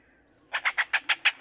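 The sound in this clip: Great-tailed grackle utters seven harsh, raspy notes in quick, steady succession.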